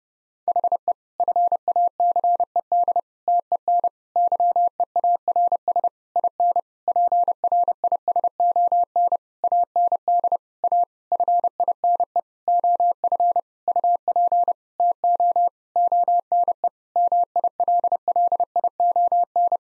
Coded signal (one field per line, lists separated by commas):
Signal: Morse code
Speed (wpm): 32 wpm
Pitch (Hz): 700 Hz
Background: none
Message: HE FACED TEN YEARS IN PRISON AND A FINE OF UP TO ONE MILLION